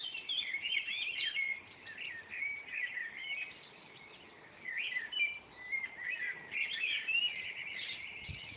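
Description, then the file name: Eurasian blackbird song, fluty warbled phrases in bursts with short pauses. Several blackbirds recorded at 5 a.m. in June 2011. "merles-5 h-matin-juin-2011"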